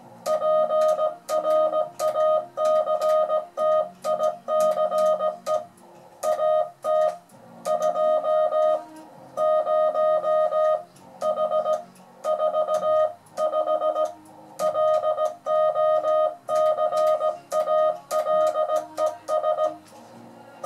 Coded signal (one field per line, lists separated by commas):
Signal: Morse code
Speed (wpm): 17 wpm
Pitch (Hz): 620 Hz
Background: music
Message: PRACTICE AT 20H45 LOCALES